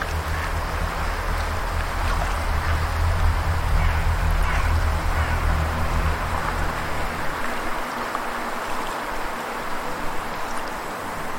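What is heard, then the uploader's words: Wind and water make a steady, dense rush that holds at an even level throughout. A deep droning rumble sits underneath for the first seven seconds, then thins out, leaving the hiss with a looser, rougher low end. Wind, Birds, Water, and Frogs.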